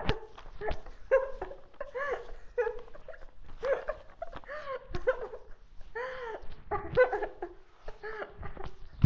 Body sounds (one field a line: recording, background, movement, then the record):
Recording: laughter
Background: quiet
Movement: walking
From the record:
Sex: female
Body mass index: 18.8 kg/m2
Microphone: on the chest, facing the body